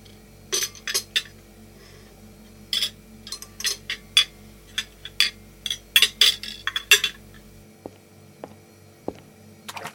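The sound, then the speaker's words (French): Dishes and cutlery clink together as they are gathered up, in quick, irregular bursts of bright metallic and ceramic taps, with a steady low hum in the background and no one speaking. “Et maintenant, rapatrions la vaisselle.”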